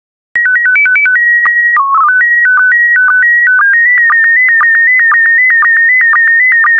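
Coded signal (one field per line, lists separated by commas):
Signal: SSTV (slow-scan television)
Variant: PD 120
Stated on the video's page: SSTV images in PD120 mode, software-generated daily practice images for decoding.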